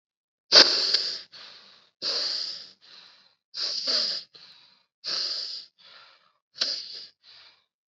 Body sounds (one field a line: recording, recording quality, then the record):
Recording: shallow breathing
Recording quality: excellent, no background noise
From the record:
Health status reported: COVID-19 positive, mild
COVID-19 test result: positive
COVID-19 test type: RT-PCR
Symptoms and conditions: cough, fever, fatigue, muscle pain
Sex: female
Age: 24 years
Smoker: no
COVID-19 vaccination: both doses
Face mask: worn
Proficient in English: yes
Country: India